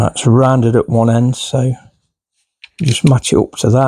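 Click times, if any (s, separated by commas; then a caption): none. A mounting adapter is handled and lined up by its rounded end against a One Leaf MARS MINI compact thermal scope while someone talks, with a short pause and a brief faint tick around 2.6 s. The adapter has not seated or clicked into place yet.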